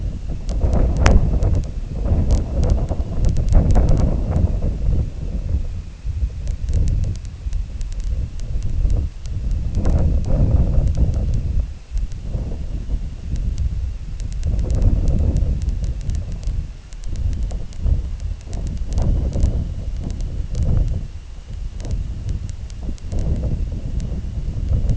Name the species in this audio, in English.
none